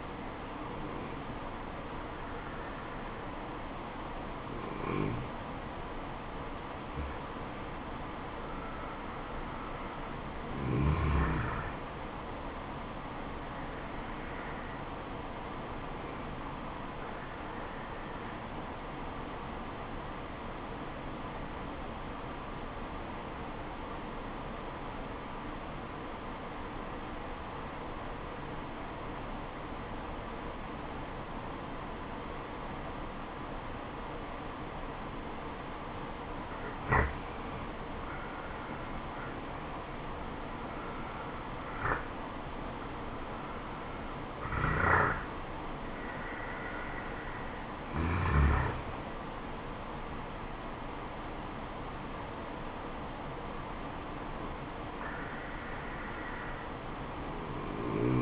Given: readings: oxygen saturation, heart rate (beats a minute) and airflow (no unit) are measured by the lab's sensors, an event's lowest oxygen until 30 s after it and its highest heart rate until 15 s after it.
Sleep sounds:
breathing in sleep by a voice recorder at the bedside; 1
17.00-38.80 s: obstructive apnea (N2, oxygen 95% highest, then 86% lowest, heart rate 71 at the start, 76 highest)
From the record:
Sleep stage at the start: N2 (light sleep); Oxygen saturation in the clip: 86 to 96%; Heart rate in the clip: 68 to 80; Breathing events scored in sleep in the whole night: 426 in 7.4 hours asleep

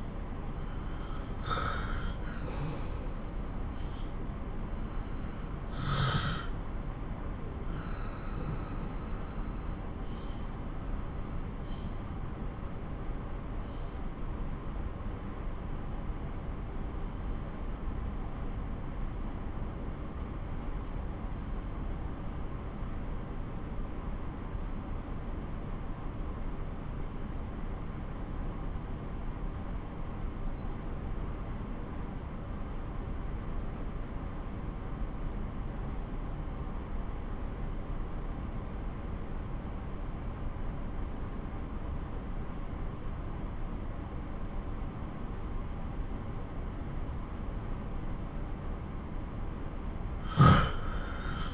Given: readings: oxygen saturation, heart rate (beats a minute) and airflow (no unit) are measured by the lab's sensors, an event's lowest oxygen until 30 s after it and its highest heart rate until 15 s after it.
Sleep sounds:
breathing in sleep by a smartphone at the bedside; 1
5.00-47.40 s: obstructive apnea (N2, oxygen 96% highest, then 86% lowest)
From the record:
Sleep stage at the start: N2 (light sleep); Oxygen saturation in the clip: 78 to 96%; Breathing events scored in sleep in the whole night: 217 in 6.3 hours asleep

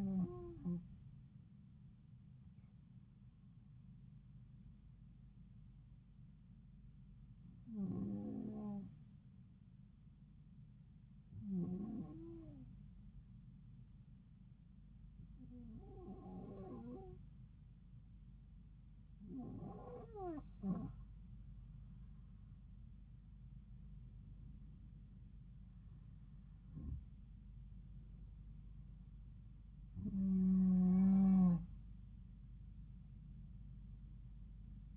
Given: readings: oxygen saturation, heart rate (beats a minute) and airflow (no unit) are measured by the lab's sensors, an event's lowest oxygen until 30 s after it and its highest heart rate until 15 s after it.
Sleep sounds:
breathing in sleep by a smartphone at the bedside; 1
7.00-34.97 s: new sleep stage, N2 (light sleep)
10.00-27.20 s: hypopnea (N2, oxygen 94% highest, then 91% lowest)
From the record:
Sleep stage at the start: N1 (lightest sleep); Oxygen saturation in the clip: 92 to 94%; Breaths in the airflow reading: 8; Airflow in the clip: -3.4 to 3.7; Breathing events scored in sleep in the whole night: 270 in 6.1 hours asleep

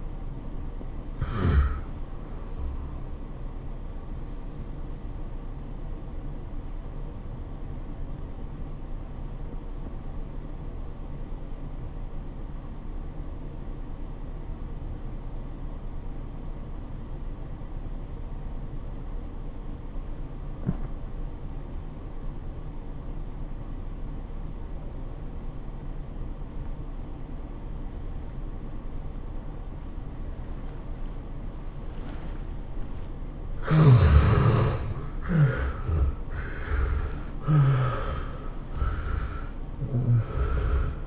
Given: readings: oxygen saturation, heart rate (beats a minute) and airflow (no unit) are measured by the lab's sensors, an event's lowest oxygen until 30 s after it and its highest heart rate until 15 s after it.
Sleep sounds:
breathing in sleep by a smartphone at the bedside; 1
4.00-34.00 s: new sleep stage, N2 (light sleep)
6.00-33.90 s: obstructive apnea (N2, oxygen 95% highest, then 69% lowest, heart rate 91 at the start, 107 highest)
34.00-41.07 s: new sleep stage, N1 (lightest sleep)
From the record:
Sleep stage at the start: N1 (lightest sleep); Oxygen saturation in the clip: 68 to 95%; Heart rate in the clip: 81 to 107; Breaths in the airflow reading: 5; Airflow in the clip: -19.1 to 14.1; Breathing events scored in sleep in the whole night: 403 in 5.5 hours asleep

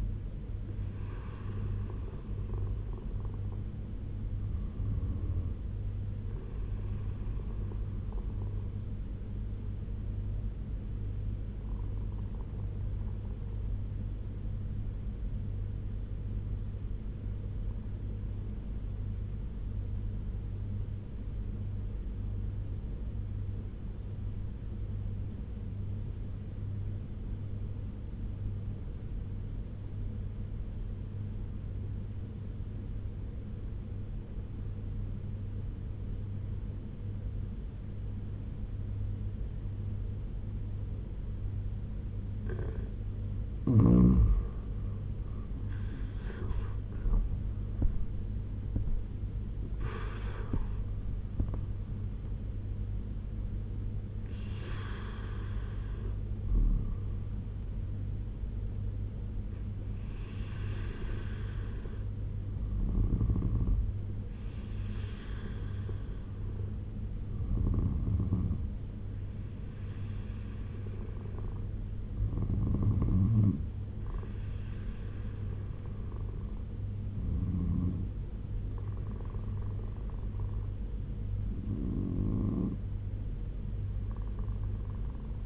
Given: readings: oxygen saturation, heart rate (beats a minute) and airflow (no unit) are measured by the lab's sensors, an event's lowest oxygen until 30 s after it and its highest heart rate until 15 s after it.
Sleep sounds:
breathing in sleep by a smartphone at the bedside; 1
8.00-38.00 s: new sleep stage, N2 (light sleep)
11.00-43.30 s: obstructive apnea (N2, oxygen 96% highest, then 87% lowest, heart rate 72 at the start, 85 highest)
38.00-85.46 s: new sleep stage, N1 (lightest sleep)
From the record:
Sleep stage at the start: N1 (lightest sleep); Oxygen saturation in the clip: 87 to 97%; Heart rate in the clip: 69 to 85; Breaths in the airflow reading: 9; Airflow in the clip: -7.1 to 11.6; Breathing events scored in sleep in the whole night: 201 in 6.5 hours asleep

